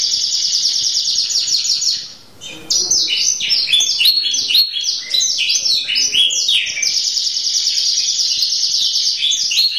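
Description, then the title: Canary song, a loud continuous chain of fast high-pitched trills that shift between rolling tours, interrupted by one short pause. Champion canary singer. "Kicau Burung Kenari Juara"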